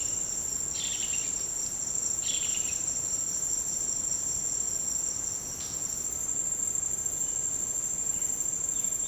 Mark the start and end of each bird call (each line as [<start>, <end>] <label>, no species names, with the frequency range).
[0.00, 2.80] bird call (1.5-5.2 kHz)
[7.08, 7.63] bird call (2.1-4.1 kHz)
[8.07, 9.07] bird call (1.6-3.8 kHz)